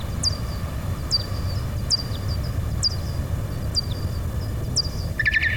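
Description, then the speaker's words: Pipistrelle bat social calls, sharp descending chirps with short tails repeated roughly once a second over low rumble, a different call at the end. Social call of a pipistrelle, recorded with a bat detector. "Donc c'est un cri social de pipistrelle, ça."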